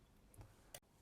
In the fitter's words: To open it, we just press uh press down on this lid here, and it pops open.